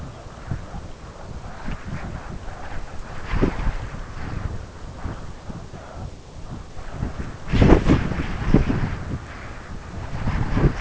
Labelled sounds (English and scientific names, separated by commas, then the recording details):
none
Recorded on Arctic tundra, site UTQI-5, on 12 June 2019
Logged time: 08:00